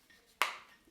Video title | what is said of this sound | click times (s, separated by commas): ARTOFUL L03s Selfie Stick (3 in 1) In-depth Review | on there which is good so when you close up the legs they snap into place | 0.4 s